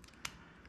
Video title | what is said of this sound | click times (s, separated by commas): Replacing batteries on Igaging's 35-128 Digital Indicator, 100-333-8 and 100-333-8b EZcal | plastic up it'll snap into place and it'll come on | 0.2 s